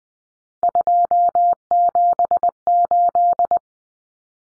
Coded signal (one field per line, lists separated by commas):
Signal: Morse code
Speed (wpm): 20 wpm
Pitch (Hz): 700 Hz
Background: none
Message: 278